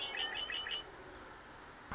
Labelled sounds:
Red-winged Blackbird (Agelaius phoeniceus)
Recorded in Sonoma County, California

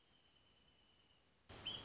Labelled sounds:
Wrentit (Chamaea fasciata)
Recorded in Sonoma County, California

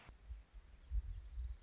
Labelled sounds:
Orange-crowned Warbler (Leiothlypis celata)
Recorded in Sonoma County, California

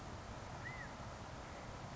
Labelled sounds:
California Quail (Callipepla californica)
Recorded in Sonoma County, California

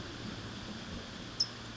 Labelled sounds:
California Towhee (Melozone crissalis)
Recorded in Sonoma County, California

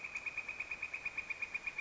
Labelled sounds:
Northern Flicker (Colaptes auratus)
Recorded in Sonoma County, California

